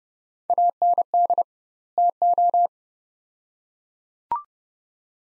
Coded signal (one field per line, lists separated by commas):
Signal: Morse code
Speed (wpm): 29 wpm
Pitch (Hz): 700 Hz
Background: none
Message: AND TO